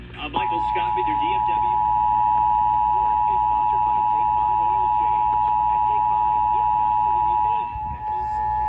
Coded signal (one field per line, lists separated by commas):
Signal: Emergency Alert System (SAME) tones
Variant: 853 and 960 Hz attention tone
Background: speech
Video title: July 2023 Texas Required Monthly Test (EAS #381-396)